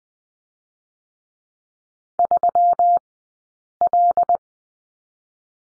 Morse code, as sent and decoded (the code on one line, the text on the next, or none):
...-- / .-..
3 L